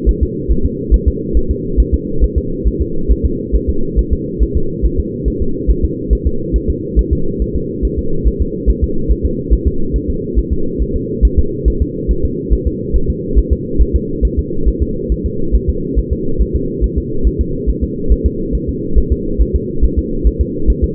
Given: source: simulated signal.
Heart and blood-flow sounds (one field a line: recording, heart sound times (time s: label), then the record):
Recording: fetal heart sounds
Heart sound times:
0.09 s: S1
0.23 s: S2
0.51 s: S1
0.66 s: S2
0.94 s: S1
1.08 s: S2
1.37 s: S1
1.51 s: S2
1.80 s: S1
1.94 s: S2
2.24 s: S1
2.38 s: S2
2.67 s: S1
2.81 s: S2
3.11 s: S1
3.26 s: S2
3.55 s: S1
3.70 s: S2
3.99 s: S1
4.13 s: S2
4.42 s: S1
4.57 s: S2
4.85 s: S1
5.00 s: S2
5.28 s: S1
5.42 s: S2
5.70 s: S1
5.84 s: S2
6.13 s: S1
6.27 s: S2
6.56 s: S1
6.70 s: S2
6.99 s: S1
7.13 s: S2
7.42 s: S1
7.56 s: S2
7.85 s: S1
7.99 s: S2
8.28 s: S1
8.42 s: S2
8.70 s: S1
8.84 s: S2
9.11 s: S1
9.25 s: S2
9.53 s: S1
9.67 s: S2
9.96 s: S1
10.10 s: S2
10.39 s: S1
10.53 s: S2
10.82 s: S1
10.96 s: S2
11.25 s: S1
11.39 s: S2
11.68 s: S1
11.82 s: S2
12.11 s: S1
12.25 s: S2
12.53 s: S1
12.67 s: S2
12.96 s: S1
13.10 s: S2
13.39 s: S1
13.53 s: S2
13.81 s: S1
13.96 s: S2
14.25 s: S1
14.39 s: S2
14.68 s: S1
14.82 s: S2
15.12 s: S1
15.26 s: S2
15.55 s: S1
15.69 s: S2
15.98 s: S1
16.13 s: S2
16.41 s: S1
16.56 s: S2
16.84 s: S1
16.98 s: S2
17.27 s: S1
17.41 s: S2
17.69 s: S1
17.83 s: S2
18.12 s: S1
18.26 s: S2
18.55 s: S1
18.69 s: S2
18.98 s: S1
19.12 s: S2
19.41 s: S1
19.56 s: S2
19.84 s: S1
19.98 s: S2
20.27 s: S1
20.41 s: S2
20.70 s: S1
20.84 s: S2
From the record:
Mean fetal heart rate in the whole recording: 140 bpm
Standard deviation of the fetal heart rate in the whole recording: 2 bpm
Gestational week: 34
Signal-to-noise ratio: -8.1 dB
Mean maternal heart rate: 72 bpm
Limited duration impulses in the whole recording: absent